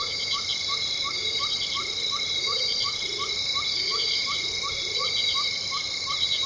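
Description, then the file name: Shrill insect chorus keeps up a continuous high drone and a steady tone. Short chirps repeat evenly throughout, and soft low calls rise and fall underneath. Loud insects in a tropical rainforest ambience in Venezuela. "felix blume nature tropical rainforest ambience venezuela loud insects"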